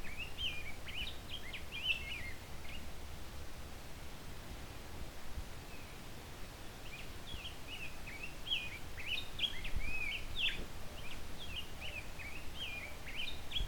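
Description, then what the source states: Rose-breasted Grosbeak giving two quiet bursts of rich, slurred whistled notes separated by a pause of several seconds, over low continuous background noise. Male, shy, fairly close up; not a wholehearted song, singing quietly to himself.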